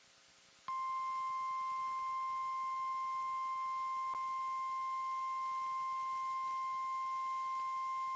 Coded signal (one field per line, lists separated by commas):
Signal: Emergency Alert System (SAME) tones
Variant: 1050 Hz attention tone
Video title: Online EAS #13 | ALY Snow Squall Warning | WXL34